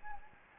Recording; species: mosquito wingbeat signal from an infrared sensor; Anopheles gambiae